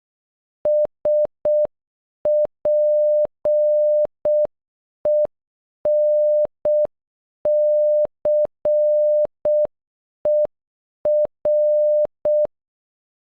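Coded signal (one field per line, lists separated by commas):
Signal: Morse code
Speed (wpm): 11 wpm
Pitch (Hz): 600 Hz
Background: none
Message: SPENCER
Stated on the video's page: The name sent in Morse code, at normal and half speed.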